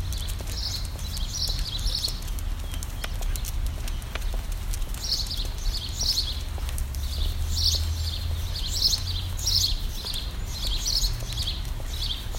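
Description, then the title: Birds chirping in short bright bursts, clusters of quick notes over a steady low rumble. "Birds Chirping Meditation"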